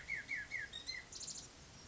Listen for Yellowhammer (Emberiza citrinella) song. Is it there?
no